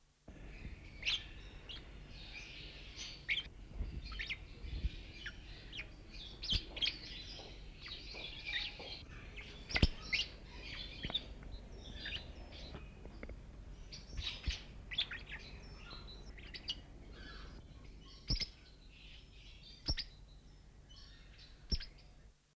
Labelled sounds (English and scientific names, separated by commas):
Black-cheeked Lovebird (Agapornis nigrigenis) call